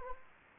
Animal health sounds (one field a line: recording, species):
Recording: mosquito wingbeat signal from an infrared sensor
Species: Anopheles gambiae